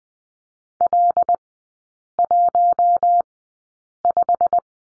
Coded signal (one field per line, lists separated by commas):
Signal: Morse code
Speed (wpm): 20 wpm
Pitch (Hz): 700 Hz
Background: none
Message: L15